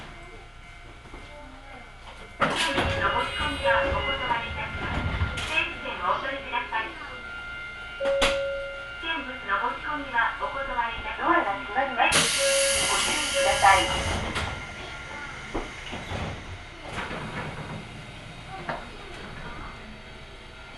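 Aboard an Ohmi Railway train, passengers talk over the steady rumble of the carriage, with sharp clatters and a loud rush around twelve seconds.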